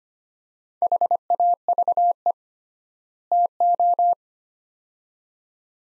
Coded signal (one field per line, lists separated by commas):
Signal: Morse code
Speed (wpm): 25 wpm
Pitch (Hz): 700 Hz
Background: none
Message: HAVE TO